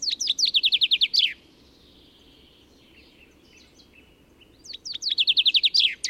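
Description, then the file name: Common chaffinch singing two phrases a few seconds apart, each a quick rattling cascade of high notes ending in a flourish, with faint thin sounds in the gap. "Fringilla coelebs"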